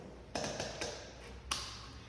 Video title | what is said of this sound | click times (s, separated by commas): Public Education: Firefighter Gear | He locks into place, and this is what a firefighter sounds | 1.5 s